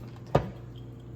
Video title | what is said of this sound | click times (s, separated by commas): Fixing a Subzero fridge ice and water dispenser | There we go. That's the clip. It closed. | 0.4 s